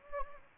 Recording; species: mosquito wingbeat signal from an infrared sensor; Anopheles arabiensis